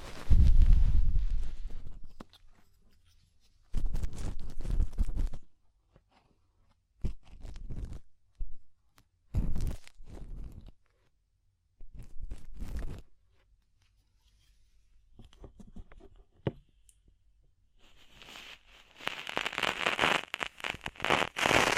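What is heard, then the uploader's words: Ear cleaning sounds arrive in short bursts of crackling, rustling and crunching, separated by stretches of near silence. A low rumble opens the clip, then scattered bursts follow every few seconds. Near the end the sound turns into a dense, bright, steady scratching. ASMR DEEP Ear Penetrating Cleaning (No Talking).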